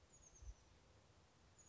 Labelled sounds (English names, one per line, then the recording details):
Oak Titmouse
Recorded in Sonoma County, California